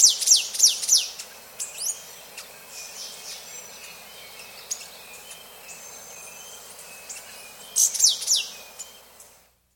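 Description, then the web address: Black-faced grosbeak calls: a few loud high downslurred notes at the start and again near the end, with fainter chirps between. South America. "Natures Songs S America Black-Faced Grosbeak"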